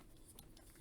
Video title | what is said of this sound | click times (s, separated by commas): Masters of the Universe Origins Terror Claws Skeletor Review and Unboxing | but due to the gear mechanism inside they can kind of like click into place | 0.4 s